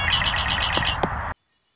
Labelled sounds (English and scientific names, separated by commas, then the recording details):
Red-winged Blackbird (Agelaius phoeniceus)
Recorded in Sonoma County, California